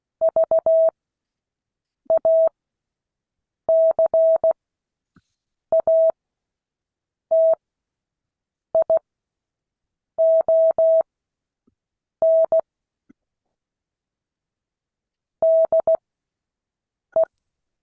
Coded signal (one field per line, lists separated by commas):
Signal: Morse code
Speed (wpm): 16 wpm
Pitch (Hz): 650 Hz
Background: none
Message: VACATION DE